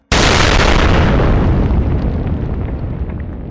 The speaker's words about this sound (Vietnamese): Nhưng lời còn chưa kịp thốt ra khỏi miệng, bỗng nghe thấy một tiếng nổ long trời lở đất. Đáy khe núi Gia Nhân sâu vạn trượng đột nhiên xảy ra một vụ nổ dữ dội, đống chẳng khác gì tinh cầu tương kích, càn khôn vỡ vụn.